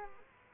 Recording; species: mosquito wingbeat signal from an infrared sensor; Culex quinquefasciatus